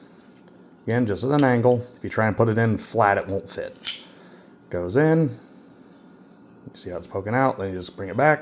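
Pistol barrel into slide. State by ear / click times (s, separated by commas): not seated / none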